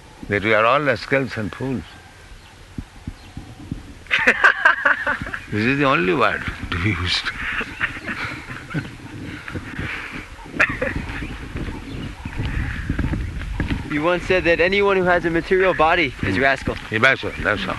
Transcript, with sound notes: that you are all rascals and fools. This is the only word to be used." [laughter]
You once said that anyone who has a material body is a rascal.
A rascal, that's all.